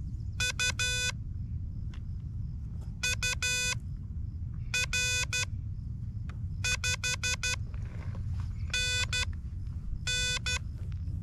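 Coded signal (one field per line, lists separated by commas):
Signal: Morse code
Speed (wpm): 13 wpm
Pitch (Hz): 2500 Hz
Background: none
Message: U UR 5NN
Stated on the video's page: CW summit activation for SOTA, sent with an Elecraft KH-1.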